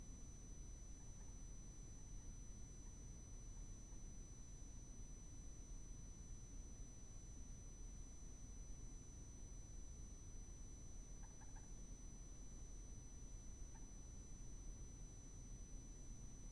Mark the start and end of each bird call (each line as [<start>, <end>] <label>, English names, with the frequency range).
[11.23, 11.59] Common Moorhen (0.7-1.8 kHz)
[13.74, 13.79] Common Moorhen (0.7-2.4 kHz)